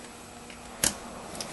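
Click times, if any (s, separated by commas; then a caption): 0.8 s. A wire harness connector is pushed into the starter solenoid socket during a starter replacement on a 2010 Chevy Tahoe. A sharp, bright snap at 0.8 s marks the connector locking in place, with fainter ticks around 0.5 s and 1.4 s over a steady low background hiss. The connector is seated and locked in.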